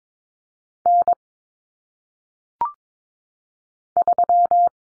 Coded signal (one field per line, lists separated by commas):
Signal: Morse code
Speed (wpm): 22 wpm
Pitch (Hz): 700 Hz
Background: none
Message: N 3